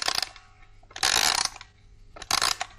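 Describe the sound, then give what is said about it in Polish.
A music-box toilet paper holder's mechanism, set off by pulling the toilet paper, clicks and rattles in three short ratcheting bursts, spaced about a second apart, each a dense mechanical whirr that stops abruptly, with quiet gaps between and no voices. “Uchwyt do papieru toaletowego będący jednocześnie pozytywką.”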